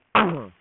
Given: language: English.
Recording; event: throat vibration sensor signal played as sound; throat clearing